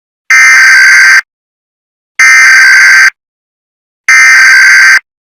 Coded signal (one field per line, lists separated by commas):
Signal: Emergency Alert System (SAME) tones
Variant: header bursts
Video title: THE GEROMINO SILTON EAS SCENARIO